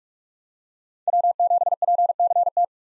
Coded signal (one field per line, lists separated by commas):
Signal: Morse code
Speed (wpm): 45 wpm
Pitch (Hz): 700 Hz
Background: none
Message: W7PCT